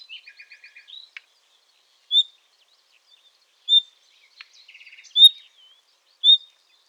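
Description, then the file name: Common nightingale song: a rapid series of short repeated notes, then loud pure whistles about a second or more apart, with another fast repeated-note burst among them. "Luscinia megarhynchos"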